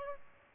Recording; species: mosquito wingbeat signal from an infrared sensor; Aedes albopictus